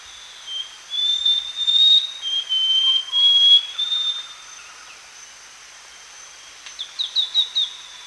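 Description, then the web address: Scaly-crowned Babbler giving long, level high whistles, slightly stepped, then a quick burst of five short clipped notes near the end, over a steady high insect drone. Recorded at Danum, Borneo, on 1 January 2008. "DANUM 20080101. scaly-crowned babbler"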